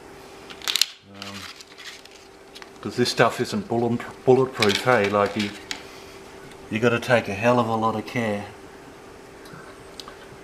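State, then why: Seated. A memory module (RAM stick) is pressed into a motherboard DIMM slot on an Asus Z270H board while someone talks, and the retaining clip snaps shut with a sharp click at 10.0 s. The module is seated firmly, with no gold contacts left showing.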